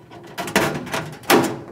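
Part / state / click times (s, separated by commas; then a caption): top of column depth spacer into the index holes of a vending machine column / seated / 0.6 s, 1.3 s. A spring-loaded depth spacer on the top of a column in a Royal Drink vending machine is moved forward to adjust for a different drink size. Two sharp, bright clicks are heard at 0.6 s and 1.3 s over softer rattling as the spacer snaps into the column's index holes. The spacer is locked in place.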